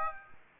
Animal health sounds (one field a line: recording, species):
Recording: mosquito wingbeat signal from an infrared sensor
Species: Aedes aegypti